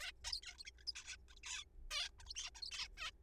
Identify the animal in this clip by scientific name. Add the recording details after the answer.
Taeniopygia guttata. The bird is a juvenile. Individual R3428